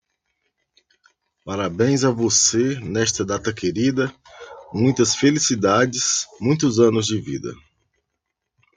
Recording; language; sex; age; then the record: short text; Brazilian Portuguese; male; 40 to 49 years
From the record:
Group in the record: control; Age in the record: 46 years